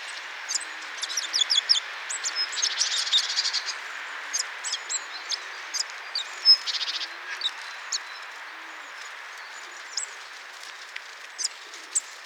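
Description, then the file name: Eurasian blue tit giving rapid high chirps in bursts, with a dense buzzy scolding run near the start, then sparser sharp notes against soft background noise. "Cyanistes caeruleus"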